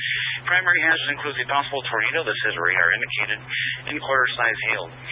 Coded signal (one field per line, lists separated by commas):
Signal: Emergency Alert System (SAME) tones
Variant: header bursts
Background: speech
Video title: 2021-05-23 - Rocky Mountain Radio League Repeaters